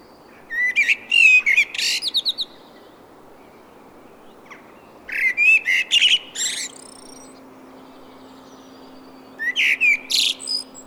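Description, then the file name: Common blackbird singing three phrases of mellow whistles and thin, high, scratchy twitters, with pauses of a few seconds between them. "Turdus merula"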